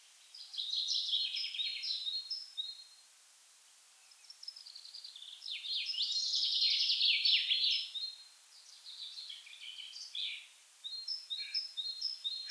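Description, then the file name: Common chaffinch song: several bright, rapid phrases of chirping notes that drop from high to mid pitch, separated by short pauses. "Fringilla coelebs"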